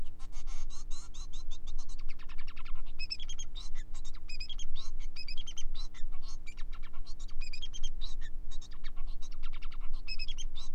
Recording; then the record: song of a male Bengalese finch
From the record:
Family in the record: son of father 4